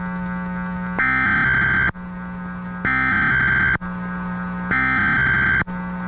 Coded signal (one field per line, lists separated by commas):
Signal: Emergency Alert System (SAME) tones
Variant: header bursts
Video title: Watermark | EAS - What if EAS Alerts were activated during 9/11?